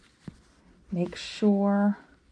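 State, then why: Not seated. A plastic washer backing is handled against the post of a safety eye set through a crocheted emoji keychain, with a faint brief tap near 0.3 s before someone talks. Nothing has snapped on or seated yet.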